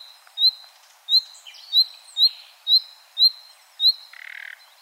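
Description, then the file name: Common nightingale repeating a thin, rising whistle about twice each second, with faint other chirps in between and a short harsh croak at the end. "Luscinia megarhynchos"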